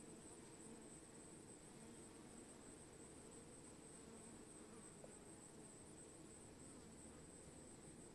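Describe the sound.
Bees buzzing as a swarm, a dense continuous low hum with many overlapping wingbeats, steady throughout without pause.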